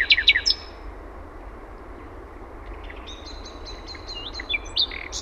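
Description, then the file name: Common nightingale song phrase: a few sharp opening notes, a pause, then a series of six or so clear, evenly repeated whistles ending in a quick flourish; faint background hum. Finland. "ETELAN SATAKIELI"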